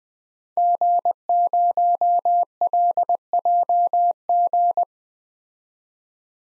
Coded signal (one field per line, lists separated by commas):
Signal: Morse code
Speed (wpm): 21 wpm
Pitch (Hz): 700 Hz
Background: none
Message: G0LJG